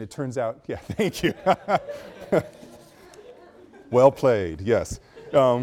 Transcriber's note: students laugh